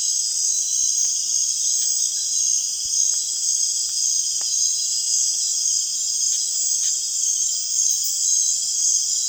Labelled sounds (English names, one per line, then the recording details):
none
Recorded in dense forest near Puerto Asís, Putumayo, Colombia, on 25 June 2025 at 19:00
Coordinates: 0.466, -76.327
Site GP04